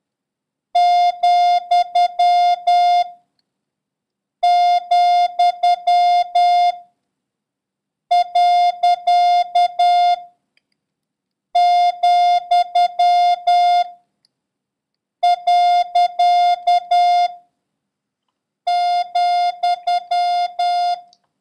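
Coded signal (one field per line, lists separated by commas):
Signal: Morse code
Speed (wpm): 10 wpm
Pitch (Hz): 710 Hz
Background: none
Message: , , . , . ,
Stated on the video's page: Morse lesson 10 introducing 6, comma, slash, and question mark, with a random run drill.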